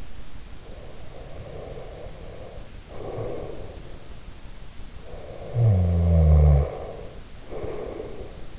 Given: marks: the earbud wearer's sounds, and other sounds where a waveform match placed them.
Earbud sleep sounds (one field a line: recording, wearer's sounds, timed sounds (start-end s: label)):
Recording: sounds in sleep by an in-ear microphone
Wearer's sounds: breath, snoring breath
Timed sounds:
0.65-3.96 s: breath
5.10-8.59 s: snoring breath